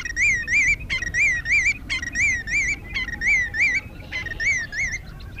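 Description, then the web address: Willet calls, loud ringing notes with a wavering rise and fall, given in quick doubled and tripled runs roughly once a second, with a faint low rumble underneath. "bird Species Shorebirds Willet Sounds"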